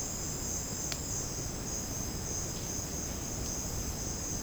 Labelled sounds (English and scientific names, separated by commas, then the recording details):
none
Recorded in secondary vegetation near Puerto Asís, Putumayo, Colombia, on 12 March 2025 at 10:30
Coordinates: 0.481, -76.318
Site G097